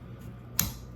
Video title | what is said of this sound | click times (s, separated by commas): 2021 Bronco Sport Windshield Wiper Replacement, the easy way! | It just snaps right in. | 0.6 s